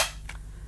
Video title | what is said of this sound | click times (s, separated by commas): Bissell Revolution Pet Pro Carpet Washer Assembly & Review | Simply insert this way until it clicks. | 0.3 s